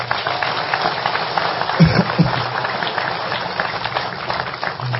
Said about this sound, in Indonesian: Tepuk tangan semua.